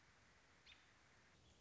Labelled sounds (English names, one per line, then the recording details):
American Robin
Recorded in Sonoma County, California